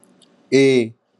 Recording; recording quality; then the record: sustained vowel as in made; excellent, no background noise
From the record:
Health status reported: healthy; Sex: male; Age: 21 years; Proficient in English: yes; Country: India